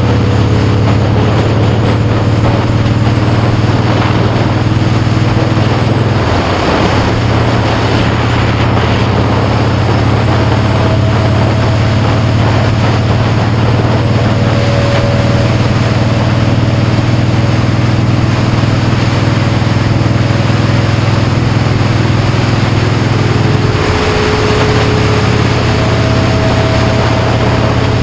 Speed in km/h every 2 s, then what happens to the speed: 55, 61, 50, 60, 61, 63, 63, 66, 69, 71, 74, 69, 71, 76.
0-17 speeds up to 71. 17-28 steady at about 71.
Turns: none.